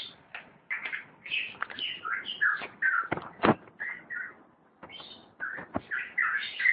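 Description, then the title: Long-tailed shrike song: quieter varied whistles and warbles, broken by sharp clicking knocks. "Kicau Burung Pentet"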